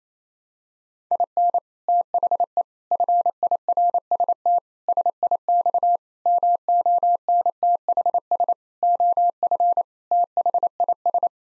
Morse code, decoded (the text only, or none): IN THE FIRST SIX MONTHS OF THIS